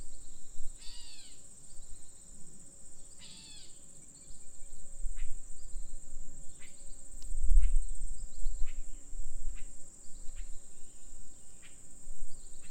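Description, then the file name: Bird calls: two quick bursts of stacked, falling chirps early on, then scattered short sharp ticks, over a steady high insect drone and low rumbling wind. "weird bird"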